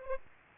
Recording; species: mosquito wingbeat signal from an infrared sensor; Aedes aegypti